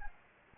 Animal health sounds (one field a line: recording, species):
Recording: mosquito wingbeat signal from an infrared sensor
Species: Anopheles gambiae